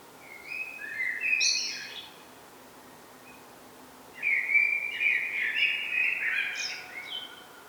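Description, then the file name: Common blackbird giving two fluted, warbling song phrases a few seconds apart, both with thin, higher squeaky notes; light background hiss. "Turdus merula"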